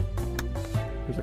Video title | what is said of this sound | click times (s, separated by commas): Number Bed by Sleepworks | can see here there's a click a nice connection is made | 0.4 s